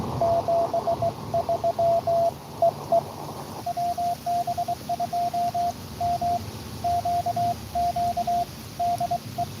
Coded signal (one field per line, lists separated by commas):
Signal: Morse code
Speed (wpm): 21 wpm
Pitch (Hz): 690 Hz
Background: radio noise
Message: 73 EE WB2MQQ DE